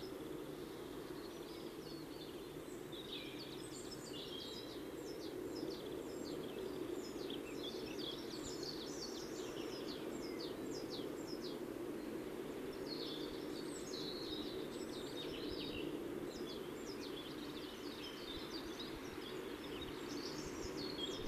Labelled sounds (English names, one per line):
Great Tit song